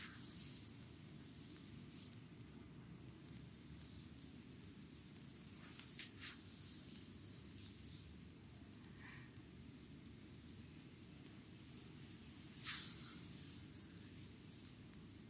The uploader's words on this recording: ASMR Back and Shoulders massage on chair by Anna.